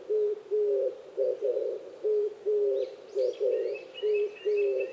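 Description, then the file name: Oriental turtle dove cooing: rhythmic low hoarse phrases, joined midway by bright chirping and twittering from small birds. Recorded 26 April 2010 at 05:29. "kijibato-20100426-0529"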